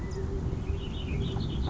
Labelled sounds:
California Quail
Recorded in Sonoma County, California

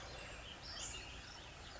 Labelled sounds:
Western Flycatcher
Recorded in Sonoma County, California

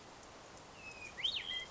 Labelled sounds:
Hermit Thrush
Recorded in Sonoma County, California

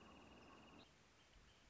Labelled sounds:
Wrentit
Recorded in Sonoma County, California

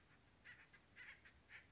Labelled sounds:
Acorn Woodpecker
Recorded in Sonoma County, California

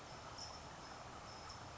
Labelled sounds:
California Towhee
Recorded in Sonoma County, California

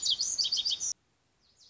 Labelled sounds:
Lazuli Bunting
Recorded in Sonoma County, California

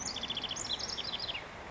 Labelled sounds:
House Wren
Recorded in Sonoma County, California

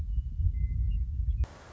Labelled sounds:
Western Meadowlark
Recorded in Sonoma County, California

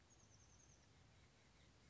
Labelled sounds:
Oak Titmouse
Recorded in Sonoma County, California

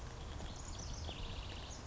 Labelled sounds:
House Wren
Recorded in Sonoma County, California

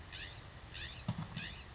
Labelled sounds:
California Scrub-Jay
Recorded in Sonoma County, California

